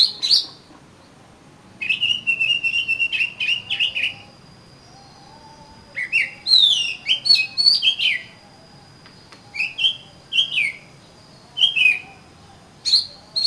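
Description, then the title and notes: Oriental magpie-robin singing a varied run of whistled, chattering and rising notes, some phrases rapidly repeated, with brief pauses between bursts. "suara kacer. kumpulan suara burung kacer"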